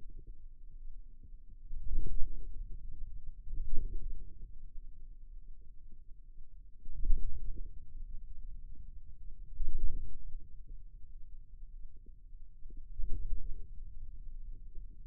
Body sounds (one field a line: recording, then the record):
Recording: forearm muscle sounds (acoustic myography)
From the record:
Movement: wrist flexion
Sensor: system 2, bracelet of six BSWA MPA416 microphones around the upper forearm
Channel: 2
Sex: male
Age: 22 years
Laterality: right